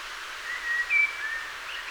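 Common blackbird giving a short, faint whistled phrase of a few slurred notes over steady background hiss.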